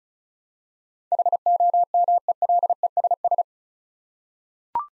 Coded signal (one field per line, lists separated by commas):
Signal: Morse code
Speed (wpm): 36 wpm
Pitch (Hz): 700 Hz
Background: none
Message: HOMELESS